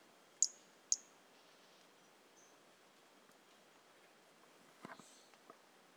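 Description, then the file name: Pumpkin toadlet producing two high, thin chirps half a second apart, followed a few seconds later by soft rustling and scraping. Individual 02, recorded 18 January 2018; animal not collected. "Brachycephalus mirissimus 18 jan 2018 individual 02 ex 01 A E Confetti not collected"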